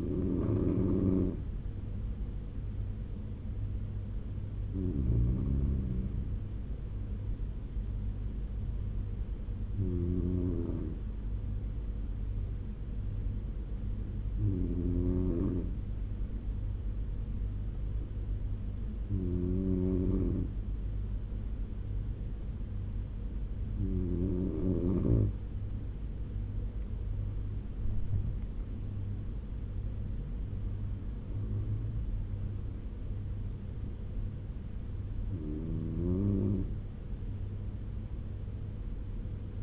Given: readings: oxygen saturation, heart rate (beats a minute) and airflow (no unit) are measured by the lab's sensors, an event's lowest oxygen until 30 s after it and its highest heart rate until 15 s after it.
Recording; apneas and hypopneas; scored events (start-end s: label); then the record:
breathing in sleep by a smartphone at the bedside; 1
9.00-26.60 s: hypopnea (N2, oxygen 95% highest, then 94% lowest, heart rate 74 at the start, 84 highest)
33.00-39.63 s: new sleep stage, N1 (lightest sleep)
From the record:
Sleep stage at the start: N2 (light sleep); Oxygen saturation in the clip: 94 to 95%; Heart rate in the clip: 67 to 84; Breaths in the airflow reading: 9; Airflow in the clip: -8.9 to 10.3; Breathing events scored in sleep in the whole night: 201 in 6.5 hours asleep